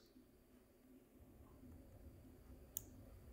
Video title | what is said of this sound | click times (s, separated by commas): Creality Ender 3 V2 Cannot Level The Bed | so we just clicked and then we're going to tighten these down | 2.8 s